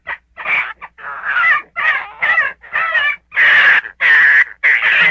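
Gray fox uttering hoarse, wavering yelps repeated at a quick, uneven pace.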